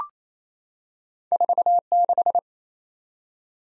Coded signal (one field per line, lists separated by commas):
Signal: Morse code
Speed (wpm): 28 wpm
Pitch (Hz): 700 Hz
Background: none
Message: 46